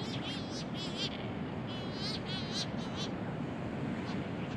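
Madeiran storm petrel calls: bursts of short, wavering, harmonic notes over steady low rumbling background noise.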